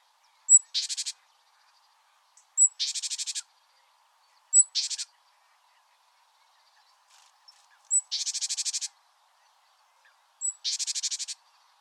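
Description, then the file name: Great tit scolding: five short bouts, each a high thin note followed by a dry, rattling buzz, with quiet gaps between. "Parus major"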